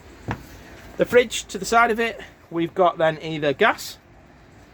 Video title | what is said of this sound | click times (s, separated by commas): 2006-Bessacarr E435 | want to gain access to underneath bit storage press the button in and press it to lock it back in place | 0.3 s